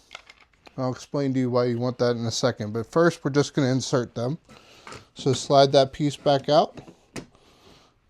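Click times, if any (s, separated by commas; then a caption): 7.2 s. A removable plastic tie insert is slid into a straight G-scale model railroad rail bed section while someone talks. A small sharp click at 7.2 seconds shows the piece is seated tight.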